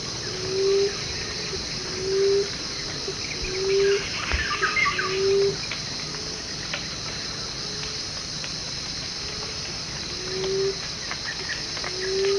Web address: emerald dove